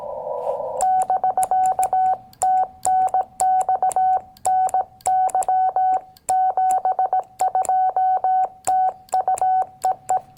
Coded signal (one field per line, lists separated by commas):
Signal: Morse code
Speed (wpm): 18 wpm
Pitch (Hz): 750 Hz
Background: none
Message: <BK> TNX NY 72 TU EE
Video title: MFJ-1898 Telescoping Antenna paired with the Xiegu X6100…The first #POTA field trip!